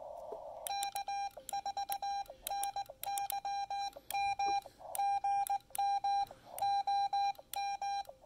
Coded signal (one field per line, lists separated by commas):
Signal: Morse code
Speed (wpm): 19 wpm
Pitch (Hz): 800 Hz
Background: none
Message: K4NYM GM OM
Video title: POTA Field Report: Let's build a super simple speaker wire antenna on site and activate this park!